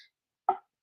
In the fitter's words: oh you hear that click